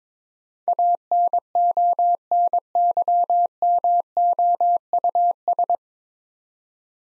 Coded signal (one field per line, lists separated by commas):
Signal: Morse code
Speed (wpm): 22 wpm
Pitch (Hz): 700 Hz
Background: none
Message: ANONYMOUS